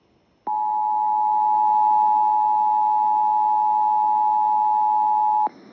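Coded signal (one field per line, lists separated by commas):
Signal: Emergency Alert System (SAME) tones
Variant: 853 and 960 Hz attention tone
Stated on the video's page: EAS Required Weekly Test relayed from KDKA.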